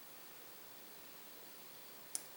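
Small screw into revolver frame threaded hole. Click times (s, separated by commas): 2.2 s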